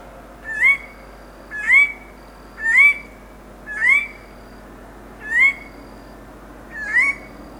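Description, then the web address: Tiger parrot calls: a loud rising whistled note with a buzzy edge, repeated every one to two seconds, six times, over a steady low hum. "parrots psittacella"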